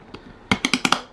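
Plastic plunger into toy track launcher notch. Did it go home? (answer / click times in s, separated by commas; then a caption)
yes / 0.5 s, 0.7 s, 0.8 s, 0.9 s. The yellow plastic plunger of a basic toy car track launcher, the kind that comes standard with Track Builder Unlimited stunt kits, is pushed back against its tough elastic rubber band. After a faint tap at 0.2 s, it ratchets into its notches with sharp plastic clicks at 0.5, 0.7, 0.7, 0.9 and 0.9 seconds. The plunger ends up seated in a notch.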